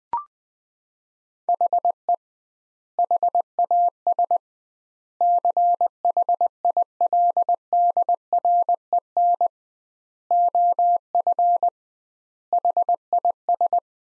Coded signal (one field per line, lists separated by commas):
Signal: Morse code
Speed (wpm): 20 wpm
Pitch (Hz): 700 Hz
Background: none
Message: HE HAS CHILDREN OF HIS